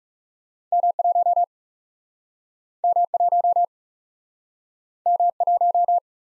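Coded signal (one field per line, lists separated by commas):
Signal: Morse code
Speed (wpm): 40 wpm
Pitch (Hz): 700 Hz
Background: none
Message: M 1 M 1 M 1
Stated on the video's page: Morse practice of two letter-number combinations, speed-racing format starting at 30 wpm and slowing to base speed, with a final repeat at maximum speed.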